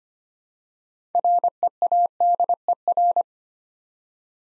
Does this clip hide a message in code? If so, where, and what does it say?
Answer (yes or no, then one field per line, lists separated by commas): yes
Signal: Morse code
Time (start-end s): 1.1-3.2 s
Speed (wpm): 25 wpm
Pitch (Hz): 700 Hz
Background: none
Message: READER